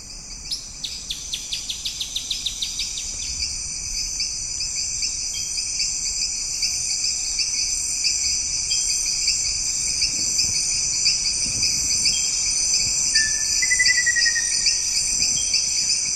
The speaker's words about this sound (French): C'est le soir, il y a des amphibiens, il y a des insectes, il y a aussi des mammifères, des oiseaux, il y a un petit peu de tout.